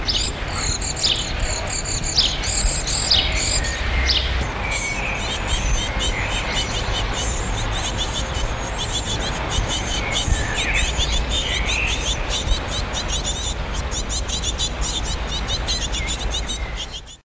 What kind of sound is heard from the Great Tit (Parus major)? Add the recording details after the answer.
call. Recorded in the wild. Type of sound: call. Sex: diverse. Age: immature. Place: Hannover, Niedersachsen, DE. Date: 1979-06-24. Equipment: Halbspur, 9,5 cm/s. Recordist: Lütgens, Hans. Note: Nestjunge, Rufe